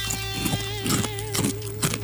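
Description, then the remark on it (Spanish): Loud, crunchy chewing of frosted cereal, deliberately eaten noisily to make it sound louder, with about four sharp crackling bites in a steady rhythm over a constant low electronic hum. No one talks. “Igual estoy comiendo re caballo, ¿no? Comiendo peor para que suene más.”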